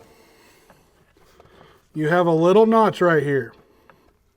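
A fuel filter element is held and turned to show its alignment notch before being set on the fuel filter housing, with faint handling taps around 0.7 s, 1.4 s and 3.9 s. Someone talks from about 2.0 to 3.5 s. Nothing has seated or clicked yet.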